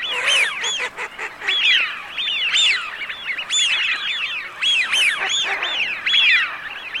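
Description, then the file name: Eurasian wigeon flock calling, a chorus of clear swooping whistles rising then falling, overlapping steadily with a few short clicking sounds. "FISCHIONE"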